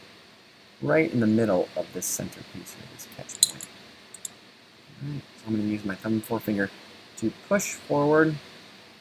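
Someone talks while handling the slide spring assembly of a Springfield XD .40 pistol, lining it up on the center of the barrel chamber catch and pushing it forward with thumb and forefinger using grip strength. A few brief, light handling taps are heard around 3.6 and 4.2 seconds. Nothing has seated or clicked into place yet.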